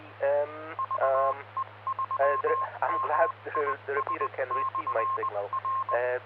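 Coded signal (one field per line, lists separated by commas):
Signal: Morse code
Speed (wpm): 20 wpm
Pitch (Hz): 1060 Hz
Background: speech, radio noise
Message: VE3MIS/R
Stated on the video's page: Morse on a VHF net.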